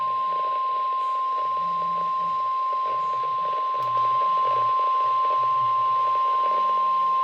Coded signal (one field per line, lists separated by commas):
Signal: Emergency Alert System (SAME) tones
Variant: 1050 Hz attention tone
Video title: 11/24/25 Tornado Warnings for Austin and Waller Counties (EAS #12)